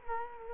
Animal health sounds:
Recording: mosquito wingbeat signal from an infrared sensor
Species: Culex quinquefasciatus

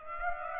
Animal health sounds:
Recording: mosquito wingbeat signal from an infrared sensor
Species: Aedes aegypti

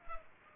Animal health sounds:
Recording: mosquito wingbeat signal from an infrared sensor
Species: Culex pipiens

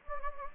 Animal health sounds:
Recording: mosquito wingbeat signal from an infrared sensor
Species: Anopheles gambiae

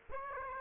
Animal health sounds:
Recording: mosquito wingbeat signal from an infrared sensor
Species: Aedes aegypti

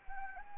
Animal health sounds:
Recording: mosquito wingbeat signal from an infrared sensor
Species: Anopheles arabiensis

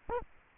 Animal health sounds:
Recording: mosquito wingbeat signal from an infrared sensor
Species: Anopheles arabiensis

